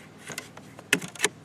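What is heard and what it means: The release on a fishing rod holder is popped and the holder slides out of its boat-mounted base. A loud, sharp pop at 0.9 s marks the release, with softer clicks before it and another sharp click at about 1.2 s as the holder slides free.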